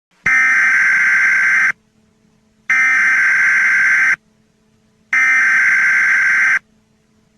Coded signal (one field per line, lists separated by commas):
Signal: Emergency Alert System (SAME) tones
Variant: header bursts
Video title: eas scenario 5: Zombie